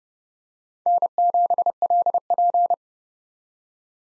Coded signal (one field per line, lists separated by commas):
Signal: Morse code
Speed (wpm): 30 wpm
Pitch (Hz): 700 Hz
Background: none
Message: N7LP